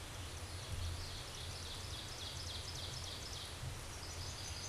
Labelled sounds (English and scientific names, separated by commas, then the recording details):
Ovenbird (Seiurus aurocapilla) song
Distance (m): 60 m
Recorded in a Pennsylvania forest on 17 May 2023 at 13:30
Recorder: AudioMoth, point grid1_30_low
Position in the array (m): 175 m, 12 m